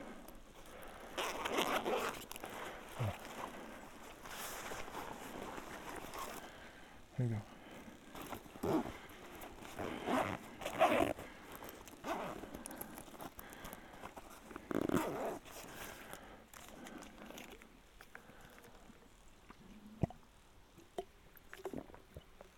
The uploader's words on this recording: A short hike on the Colorado Trail. The recording was made from Molas Lake back to our car parked just off Highway 550 between Durango and Ouray. The part of the trail we hiked is just below 11,000 feet in elevation.